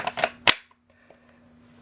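A Black & Decker 20V Max lithium battery pack is slid onto the bottom of the handle of a BDCR20B cordless reciprocating saw, with sliding and scraping sounds near 0.1 and 0.2 seconds. A sharp, loud snap at 0.5 seconds marks the pack latching into place, followed by near silence and a faint steady hum. The battery is seated.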